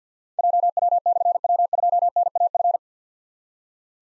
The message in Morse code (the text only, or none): JW/W2NAF